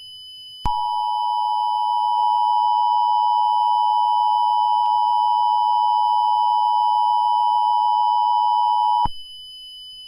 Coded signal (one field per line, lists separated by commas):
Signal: Emergency Alert System (SAME) tones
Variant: 853 and 960 Hz attention tone